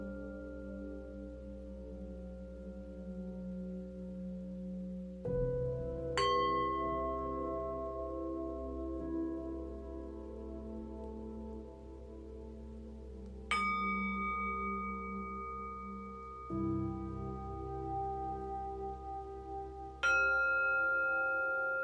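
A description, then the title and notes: Singing bowls ring in long, overlapping tones, with a steady low hum underneath. New strikes land every few seconds, near 5, 6, 13.5, 16.5 and 20 seconds, each adding a bright shimmering ring that slowly fades while earlier tones keep sustaining. 251Hz Sound Healing Brain Waves - Singing Bowls.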